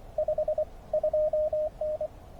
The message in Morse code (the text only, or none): 52N